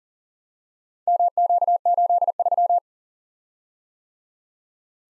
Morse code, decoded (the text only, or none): MQ83